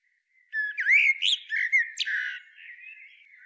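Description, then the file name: Common blackbird delivering one rich, fluted phrase of rising and falling whistles, trailing off into quiet, thin twittering. "Turdus merula"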